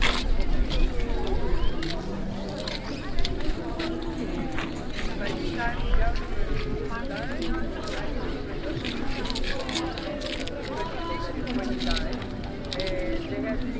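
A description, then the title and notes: Several people talk at once on a bench at Parc Guell, a steady overlapping murmur of voices with no pauses. Short clicks and taps scatter throughout, a few sharper ones near two, three and six seconds, over a low, even rumble underneath. Sitting On Bench At Parc Guell. Recorded at Parc Guell, this takes in some of the general atmosphere.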